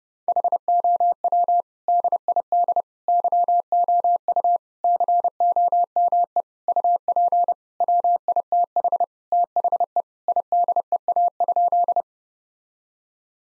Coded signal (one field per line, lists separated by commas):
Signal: Morse code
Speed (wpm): 30 wpm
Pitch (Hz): 700 Hz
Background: none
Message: HOW DID YOU COME UP WITH THE IDEA?